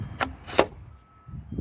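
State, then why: Released. A BBQ gas hose plug is pulled out of the quick-release coupling on the external gas outlet socket of a 2021 Auto-Sleeper Fairford Plus van; the collar is pushed up and the plug releases. A short broadband burst comes at about 0.2 s, then a loud, sharp hit at 0.6 s, followed by quiet low rumble. The plug is released from the socket.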